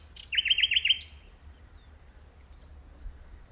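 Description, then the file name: Common nightingale song: a brief phrase of a few sharp notes, then a quick run of five looping notes, followed by silence. "Luscinia megarhynchos"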